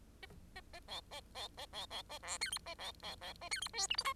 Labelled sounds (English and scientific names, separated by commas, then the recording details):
Bengalese Finch (Lonchura striata domestica) song
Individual Bird10